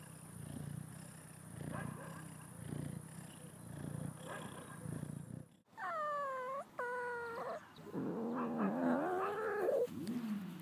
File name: cat meowing